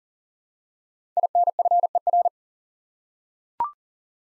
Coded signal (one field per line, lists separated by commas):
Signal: Morse code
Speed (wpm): 39 wpm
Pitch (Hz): 700 Hz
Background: none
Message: INFER